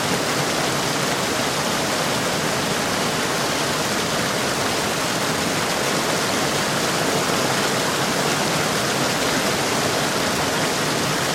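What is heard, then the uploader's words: Rushing water from a watermill pours without pause, a dense, even hiss spread from low rumble up to bright spray. The level holds flat for the whole stretch, with no splashes, knocks or other sounds standing out from the steady flow. THE WATERMILL • Water-Powered Noise Blocker.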